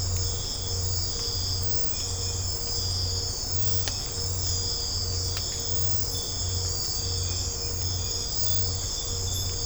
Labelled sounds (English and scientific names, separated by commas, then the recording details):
none
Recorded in secondary vegetation near Puerto Asís, Putumayo, Colombia, on 20 December 2024 at 04:00
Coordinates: 0.502, -76.326
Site G028